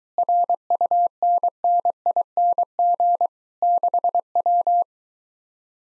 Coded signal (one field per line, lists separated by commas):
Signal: Morse code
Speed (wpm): 23 wpm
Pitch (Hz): 700 Hz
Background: none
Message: RUNNING 6W